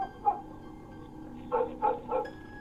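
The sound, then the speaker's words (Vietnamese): A dog on a village road barks once, pauses, then lets out a quick run of three sharp, mid-pitched barks in steady rhythm, with no one talking. “Ở trên con đường làng có tiếng chó cắn ma vang lên nhông nhổng nhông nhổng.”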